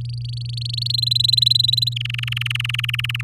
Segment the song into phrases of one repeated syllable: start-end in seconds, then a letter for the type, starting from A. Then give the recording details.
0.01-0.92 A, 0.94-1.94 B, 1.96-3.21 C. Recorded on 10 May 2018 at 06:11. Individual llb16